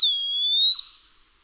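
Eastern wood-pewee whistle, its opening cut off, a long clear note rising slightly before ending abruptly.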